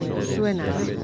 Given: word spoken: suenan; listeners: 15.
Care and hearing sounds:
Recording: one Spanish word in noise, from a listening test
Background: eight-talker babble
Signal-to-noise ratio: -0.2 dB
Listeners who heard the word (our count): 0 of 15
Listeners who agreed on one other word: 10 of 15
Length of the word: 0.64 s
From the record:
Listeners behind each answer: 10, 5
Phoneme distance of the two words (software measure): 10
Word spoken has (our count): 2 syllables, 6 phonemes, stress on syllable 1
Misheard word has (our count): 2 syllables, 6 phonemes, stress on syllable 1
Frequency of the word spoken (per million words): 5.18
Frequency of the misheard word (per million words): 0.08

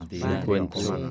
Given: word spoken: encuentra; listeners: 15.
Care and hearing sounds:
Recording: one Spanish word in noise, from a listening test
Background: four-talker babble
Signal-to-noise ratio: -0.2 dB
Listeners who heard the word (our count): 0 of 15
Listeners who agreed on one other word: 6 of 15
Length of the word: 0.71 s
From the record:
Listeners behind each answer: 6, 1, 1, 1, 1, 1, 1, 1, 1, 1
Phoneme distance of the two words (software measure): 10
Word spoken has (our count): 3 syllables, 9 phonemes, stress on syllable 2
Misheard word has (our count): 3 syllables, 9 phonemes, stress on syllable 2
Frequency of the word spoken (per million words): 156.22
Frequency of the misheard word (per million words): 135.81

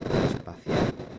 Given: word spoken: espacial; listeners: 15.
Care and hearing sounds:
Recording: one Spanish word in noise, from a listening test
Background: noise modulated by one talker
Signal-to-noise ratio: -10.5 dB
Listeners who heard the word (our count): 2 of 15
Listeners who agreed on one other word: 6 of 15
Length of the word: 0.79 s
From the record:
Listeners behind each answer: 6, 4, 2, 1, 1, 1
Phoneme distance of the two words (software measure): 17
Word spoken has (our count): 3 syllables, 8 phonemes, stress on syllable 3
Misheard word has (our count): 3 syllables, 7 phonemes, stress on syllable 2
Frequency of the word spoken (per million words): 25.09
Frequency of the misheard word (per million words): 189.06

